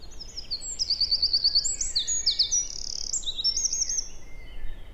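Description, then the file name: Eurasian wren pouring out a rapid, very high song of sharp trills and buzzy rattles that runs throughout, with faint background noise. "Troglodytes troglodytes"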